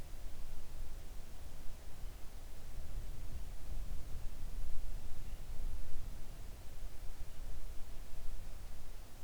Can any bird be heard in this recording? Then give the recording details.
no. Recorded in the Arctic National Wildlife Refuge, Alaska, on 3 August 2019 at 05:27. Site 41